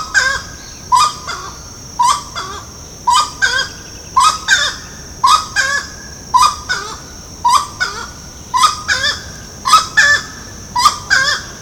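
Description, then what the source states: Grey-cowled wood rail calling in a loud, harsh, rhythmic series of paired squawking notes, roughly one pair per second, with a steady high hum behind. Recorded at Ibirapuera, São Paulo, Brazil, on 6 December 2012.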